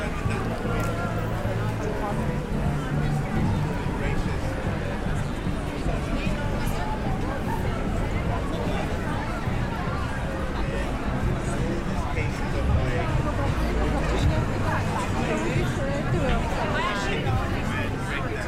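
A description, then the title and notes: Crowded nighttime streets buzz with steady overlapping chatter and voices, while low traffic rumble runs continuously underneath throughout. Soho at night | London. A bustling binaural walk through London's Soho. Londoners and tourists fill the streets, bars and clubs on a Saturday night.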